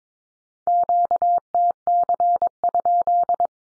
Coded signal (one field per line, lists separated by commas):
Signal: Morse code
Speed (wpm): 22 wpm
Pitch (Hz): 700 Hz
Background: none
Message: QTC?